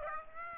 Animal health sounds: mosquito wingbeat signal from an infrared sensor; Aedes aegypti

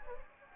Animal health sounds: mosquito wingbeat signal from an infrared sensor; Anopheles gambiae

